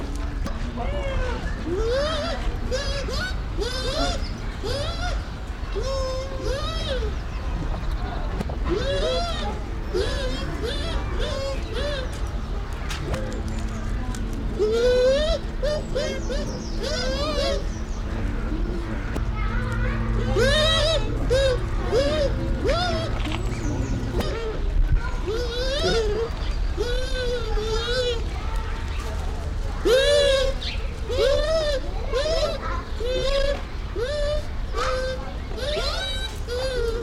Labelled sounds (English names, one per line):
Bush Dog